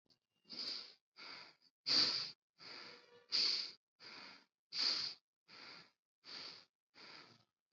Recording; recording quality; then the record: shallow breathing; excellent, no background noise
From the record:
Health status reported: COVID-19 positive, mild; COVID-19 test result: positive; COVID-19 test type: RT-PCR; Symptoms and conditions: cough, fever, muscle pain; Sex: male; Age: 41 years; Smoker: no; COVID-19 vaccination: both doses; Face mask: worn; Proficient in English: yes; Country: India